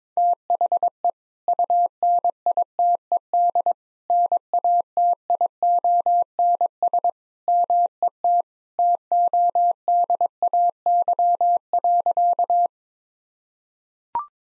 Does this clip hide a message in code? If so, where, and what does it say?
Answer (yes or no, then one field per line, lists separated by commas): yes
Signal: Morse code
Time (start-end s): 0.2-12.7 s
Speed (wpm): 22 wpm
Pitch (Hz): 700 Hz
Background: none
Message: THE UNITED NATIONS MET TODAY.